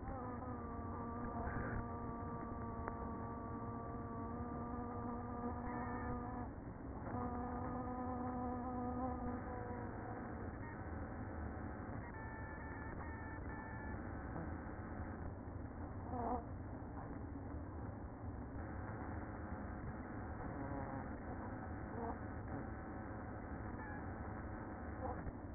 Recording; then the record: honeybee colony, microphone inside the hive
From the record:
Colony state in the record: queen present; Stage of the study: after two queens were removed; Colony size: about 60,000 bees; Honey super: yes